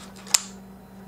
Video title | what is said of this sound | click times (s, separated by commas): Greenworks 40V Attachment Capable Trimmer - Step by Step Set up Guide | Now when it gets here, I'm just going to push it in, and let it go in until it snaps into place | 0.4 s